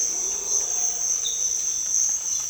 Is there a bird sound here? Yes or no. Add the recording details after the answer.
no. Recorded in dense forest near Puerto Asís, Putumayo, Colombia, on 20 December 2024 at 06:00. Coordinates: 0.481, -76.323. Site G100